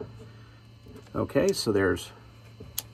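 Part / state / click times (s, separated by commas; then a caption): screwdriver acting as striker in a car frunk latch / partly seated / 2.8 s. Someone talks while a screwdriver, standing in for the hood striker, is pushed into a removed, upside-down metal frunk latch from a Tesla Model 3 / Model Y. At 2.8 s a short, sharp click sounds as the latch catches on its first detent, leaving it only half latched.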